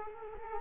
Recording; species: mosquito wingbeat signal from an infrared sensor; Culex quinquefasciatus